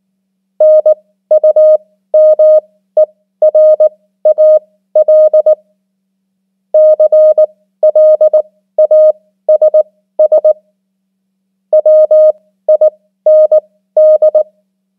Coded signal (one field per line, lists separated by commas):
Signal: Morse code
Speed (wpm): 19 wpm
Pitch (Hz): 620 Hz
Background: none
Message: NUMERAL CLASS WIND